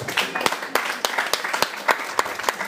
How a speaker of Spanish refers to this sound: Santa Prisca. Santa Prisca. ¡Un aplauso!